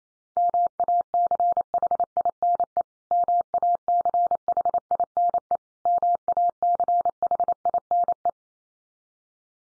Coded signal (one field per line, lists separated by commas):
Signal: Morse code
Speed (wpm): 28 wpm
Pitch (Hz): 700 Hz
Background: none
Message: MACHINE MACHINE MACHINE